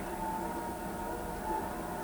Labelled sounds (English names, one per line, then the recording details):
none
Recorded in pastures near Pivijay, Magdalena, Colombia, on 14 April 2023 at 18:00
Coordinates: 10.456, -74.369
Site P6-G026